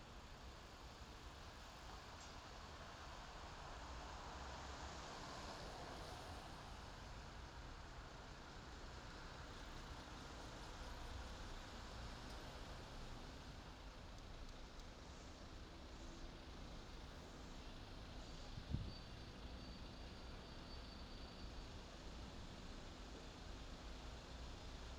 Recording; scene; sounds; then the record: everyday scene through a hearing-aid microphone; in traffic; traffic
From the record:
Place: main city hub, rush hour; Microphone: in the ear canal, left